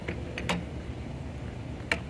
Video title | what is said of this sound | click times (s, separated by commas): @Rabaconda Does It Work? Is It Worth It? Track day - Racer Mobile Street Tire Changer | here just like that it locks into place right there on the back side of the ratchet | 1.9 s